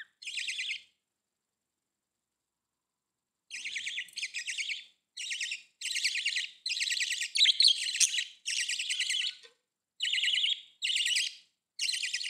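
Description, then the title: Budgerigar calls, one short burst of buzzy trilled chirps, a pause, then a series of similar high bursts. "Budgie Sounds"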